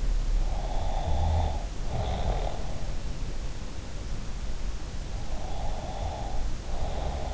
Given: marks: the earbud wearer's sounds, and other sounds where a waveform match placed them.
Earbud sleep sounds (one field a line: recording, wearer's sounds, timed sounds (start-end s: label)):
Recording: sounds in sleep by an in-ear microphone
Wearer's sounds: snoring breath, breath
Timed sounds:
0.51-2.53 s: snoring breath
5.31-7.33 s: breath